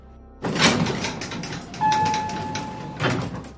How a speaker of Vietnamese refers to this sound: Cửa thang máy mở ra rất nhanh.